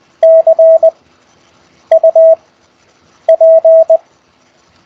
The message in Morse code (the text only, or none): CUP